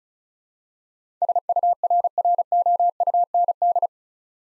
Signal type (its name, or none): Morse code